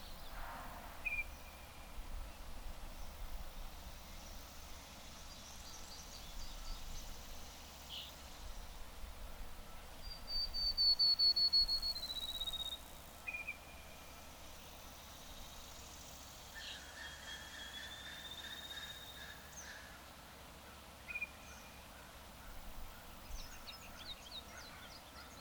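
Birds call in scattered bursts: short chirps early on, a bright descending trill near ten seconds, and longer clear whistles around seventeen to twenty seconds, with another brief flurry near the end. A steady low rumble runs underneath throughout.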